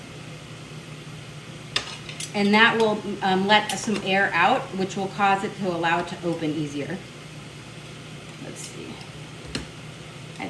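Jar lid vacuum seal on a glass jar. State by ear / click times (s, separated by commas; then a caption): released / 9.6 s. A butter knife is poked under the lid of a sealed glass jar to let air in and break the vacuum seal so the lid loosens. Someone talks, then the jar lid's vacuum seal pops at 9.6 s and the seal is released.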